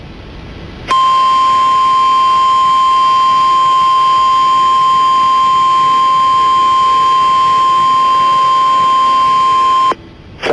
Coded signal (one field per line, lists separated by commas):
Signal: Emergency Alert System (SAME) tones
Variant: 1050 Hz attention tone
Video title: (EAS#201)(VERY RARE!!) Flash Flood Emergency